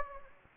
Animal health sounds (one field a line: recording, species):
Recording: mosquito wingbeat signal from an infrared sensor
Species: Anopheles gambiae